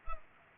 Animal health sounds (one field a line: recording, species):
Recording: mosquito wingbeat signal from an infrared sensor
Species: Culex pipiens